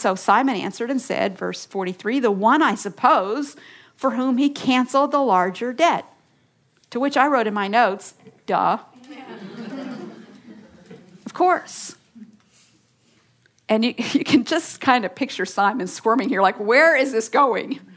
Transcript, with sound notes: Simon answered, verse 43, “The one, I suppose, for whom he cancelled the larger debt.” To which I wrote in my notes, “Duh!” (laughter) You can just kind of picture Simon squirming here, like, “Where is this going?”